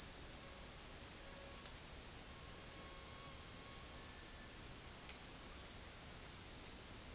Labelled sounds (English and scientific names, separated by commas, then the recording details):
none
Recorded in dense forest near Puerto Asís, Putumayo, Colombia, on 19 February 2024 at 17:00
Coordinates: 0.472, -76.329
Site G6394